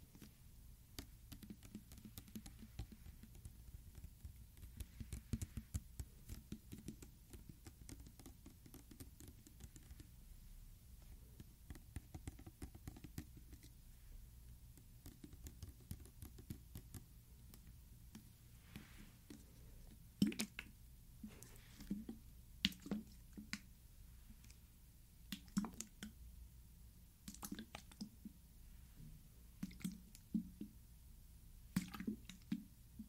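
Liquid sloshes and squishes in a small bottle, with low gurgling throughout and sharper wet clicks and drips bunching after twenty seconds.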